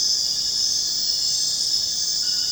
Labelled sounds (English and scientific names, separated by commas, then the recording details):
none
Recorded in secondary vegetation near Puerto Asís, Putumayo, Colombia, on 29 June 2025 at 21:30
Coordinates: 0.484, -76.319
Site G074